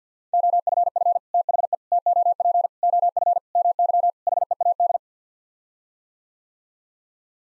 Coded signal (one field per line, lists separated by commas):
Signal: Morse code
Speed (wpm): 50 wpm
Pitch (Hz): 700 Hz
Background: none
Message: OFF THE TOP OF MY HEAD